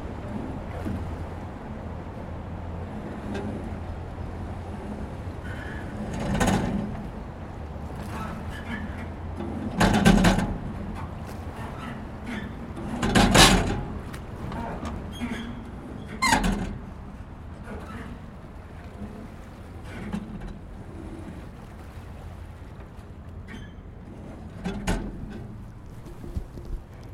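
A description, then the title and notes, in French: A floating pontoon on the Seine by the Pont du Carrousel creaks and groans over a steady low rumble. Louder strained squeaks and knocks swell at about 6, 10, 13, 16 and 25 seconds, with fainter clicks and creaks scattered between them. Ponton d embarquement. Le ponton flottant se situe près du Pont du Carrousel sur le Quai des Tuileries. Ce lieu calme et apaisant est relié par une passerelle et amarré sur glissière à 2 pieux émergents.....ça grince ça grince......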